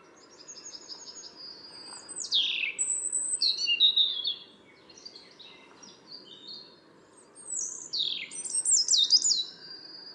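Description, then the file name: European robin song in several short phrases of thin, high whistles and descending slurred notes, broken by brief pauses, with a low hum of background noise throughout. "Erithacus rubecula"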